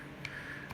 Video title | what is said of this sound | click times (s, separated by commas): For the CO2 shooter and you my opinion | it snaps right in and it's back on well | 0.2 s